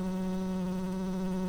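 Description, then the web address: Tree bumblebee buzzing, a steady low droning hum with even overtones that holds at the same pitch throughout. Worker bees. "bumblebees Hypnorum-workers"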